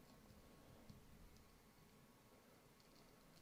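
A swap head is pushed onto the ball neck peg of a plastic CT Toys Gambit action figure, a knockoff of the Mafex No. 131 Gambit. Faint, scattered ticks and light handling noise sit over a low, steady background hum. The head has not seated or clicked onto the peg yet.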